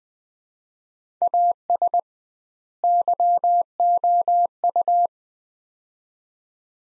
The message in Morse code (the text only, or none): AS YOU